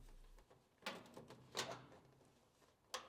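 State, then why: Not seated. A plastic control console is handled above the metal top of a Kenmore washer's cabinet during a pressure switch replacement (part WPW10268911). Sharp knocks and handling noises sound at about 0.9 s, 1.6 s and 2.9 s, but nothing has seated or clicked yet, and the console is not locked in place.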